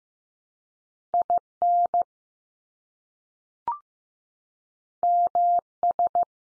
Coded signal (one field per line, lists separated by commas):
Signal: Morse code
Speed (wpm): 15 wpm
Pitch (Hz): 700 Hz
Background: none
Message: IN MS